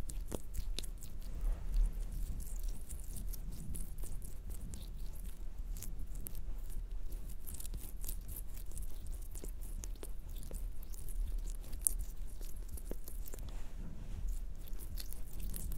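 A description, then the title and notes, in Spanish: Close-miked mouth sounds, wet clicks and sticky smacks, mixed with some hand noises, possibly from handling honey. Short, crisp ticks come densely and irregularly through the whole 16 seconds over a low steady rumble, with slightly louder moments near 2 and 12 seconds. Sonidos de boca y algunos de manos y miel.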